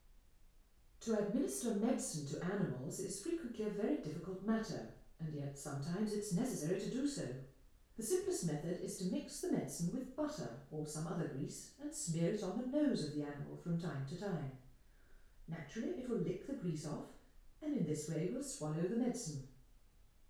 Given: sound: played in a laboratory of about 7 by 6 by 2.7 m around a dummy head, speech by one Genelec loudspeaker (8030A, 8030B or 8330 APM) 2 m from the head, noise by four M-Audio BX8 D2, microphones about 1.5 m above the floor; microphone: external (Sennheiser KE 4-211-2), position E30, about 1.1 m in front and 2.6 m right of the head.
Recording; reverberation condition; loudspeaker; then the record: female speech in English; medium; 30 degrees to the right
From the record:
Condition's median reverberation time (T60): about 510 ms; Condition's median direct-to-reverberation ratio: about -0.5 dB